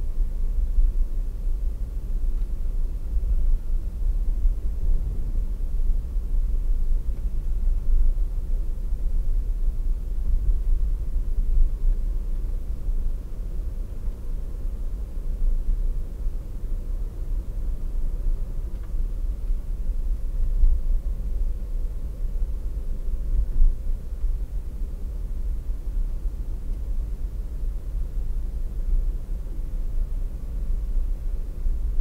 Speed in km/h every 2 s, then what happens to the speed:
44, 46, 46, 47, 47, 47, 45, 42, 43, 46, 46, 46, 46, 47, 48, 48.
0-32 steady at about 46.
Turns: none.